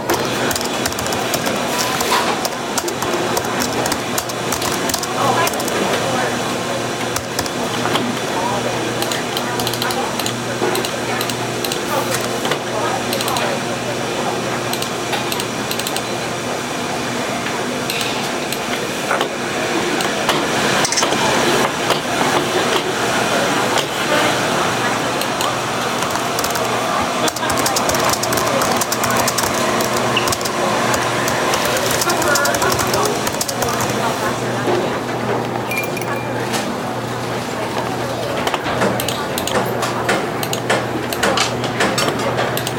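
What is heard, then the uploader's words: Cafe sounds: a steady, dense murmur of chatter with frequent dish clatter and hiss, plus a constant low hum throughout. Sounds of coffee brewing, dishes clattering, and soft chatter. Cafe sounds.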